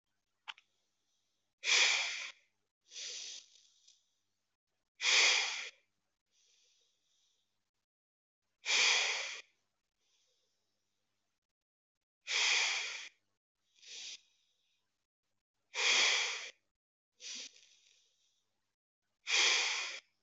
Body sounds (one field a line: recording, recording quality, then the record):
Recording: deep breathing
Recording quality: excellent, no background noise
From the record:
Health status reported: healthy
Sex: male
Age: 22 years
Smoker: no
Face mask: not worn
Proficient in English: yes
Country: India